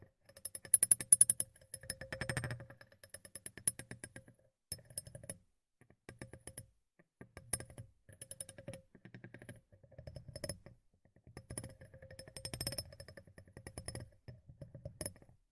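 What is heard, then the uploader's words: Tapping in bursts of quick, rapid strokes, each run lasting a second or two and separated by short pauses. The taps are crisp and bright with a low thump underneath, loudest near the start and around 2 and 12–13 seconds. ASMR Tapping in Your Ear (No Talking).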